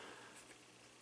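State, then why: Not seated. A plastic piece from a Perfect Effect PC-01 and 03 Combiner Upgrade Set for Superion is pushed only partway into the toy robot's head/chest section. Only a steady, low, hum-like background is heard, with no sharp sounds. Nothing has clicked or seated, so the part is not locked in and will come right off.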